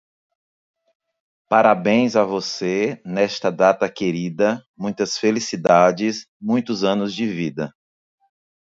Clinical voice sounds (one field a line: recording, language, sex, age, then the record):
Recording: short text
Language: Brazilian Portuguese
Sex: male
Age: 40 to 49 years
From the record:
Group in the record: control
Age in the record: 44 years